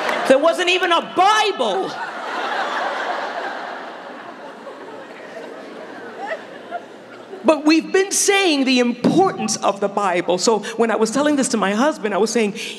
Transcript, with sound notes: There wasn’t even a Bible! (laughter) But we’ve been saying the importance of the Bible, so when I was telling this to my husband I was saying,